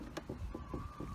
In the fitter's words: click we go into a stern